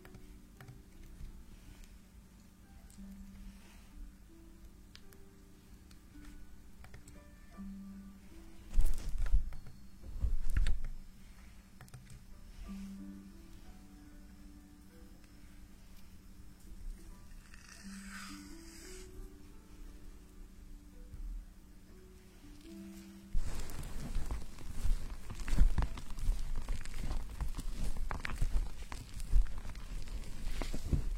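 Fingers scratch through shampoo foam during a hair wash. For the first 23 seconds the scratching is soft over a low hum that shifts pitch in steps, with two louder rustling bursts near 9 and 11 seconds. Then dense, crackling foam scratching takes over until the end.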